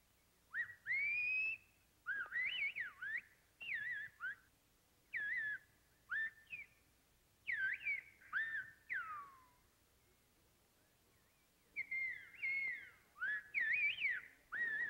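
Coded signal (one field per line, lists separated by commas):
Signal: whistled language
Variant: Silbo Gomero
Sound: loud gliding whistles rising and falling in pitch, in speech-like phrases with pauses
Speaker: So long ago, the Gomeras contrived an extraordinary form of telephonic speech, whistling, which can be understood over a distance of three miles. JUDY: You mean they whistle in Spanish? PROFESSOR: In a way. The consonants and vowels are represented entirely by differences in pitch. [whistling] This whistling language is of great interest to linguistics scientists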